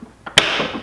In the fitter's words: if we can't muscle this sucker in there you know here at pop when it goes there we go